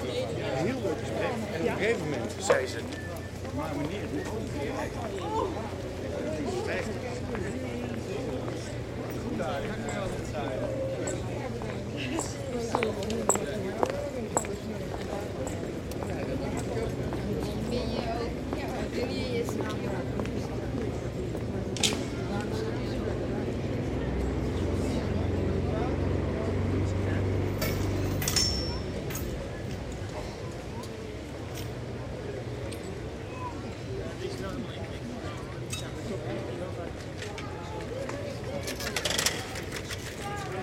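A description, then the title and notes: Pedestrians on the Vismarkt in Utrecht: steady overlapping chatter with a low traffic rumble, scattered clicks and footsteps, occasional sharper knocks. General atmosphere, pedestrians on the Vismarkt, Utrecht. Recorded Saturday.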